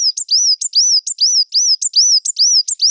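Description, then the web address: Coal tit singing a high, thin two-note phrase, a sharp upper note dropping to a lower whistled note, repeated briskly several times. "Parus ater"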